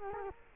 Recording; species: mosquito wingbeat signal from an infrared sensor; Culex quinquefasciatus